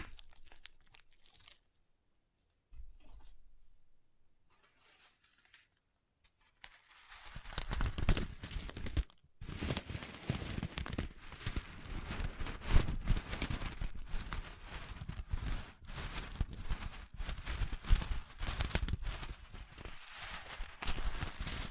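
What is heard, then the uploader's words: Crunchy slime being squeezed and worked. The first seven seconds are nearly silent, with a few faint clicks and short gaps. Then a dense, steady crackling and popping takes over and continues to the end, with sharper snaps around 12 and 17 seconds. ASMR Satisfying Crunchy Slime (No Talking).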